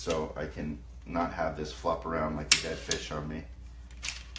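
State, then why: Seated. While unboxing a DJI Ronin 2 camera gimbal, someone talks and then engages the gimbal's axis motor locks on the arm so the arms stop flopping around. Short, sharp clicks are heard at 4.1 s and 4.4 s as the locks engage, and the gimbal is now all locked into place.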